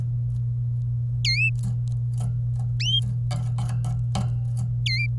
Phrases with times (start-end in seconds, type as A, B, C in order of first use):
1.24-1.50 A, 4.86-5.06 A